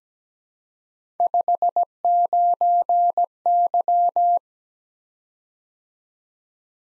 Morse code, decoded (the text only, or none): 59Y